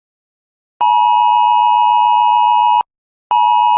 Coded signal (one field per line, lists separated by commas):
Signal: Emergency Alert System (SAME) tones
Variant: 853 and 960 Hz attention tone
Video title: Real vs Fake EAS Alarms around the world (PART 4)